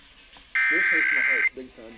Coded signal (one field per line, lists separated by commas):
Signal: Emergency Alert System (SAME) tones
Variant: header bursts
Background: speech